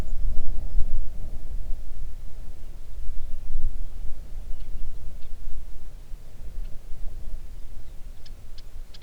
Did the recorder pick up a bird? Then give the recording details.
yes. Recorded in the Arctic National Wildlife Refuge, Alaska, on 3 June 2019 at 04:31. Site 37